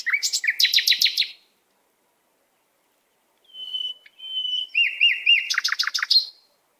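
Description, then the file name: Canary song: fast rattling trills of repeated notes, a silent gap, then a long steady whistle that turns into wavering notes and a final rapid trill. "Canary Voice"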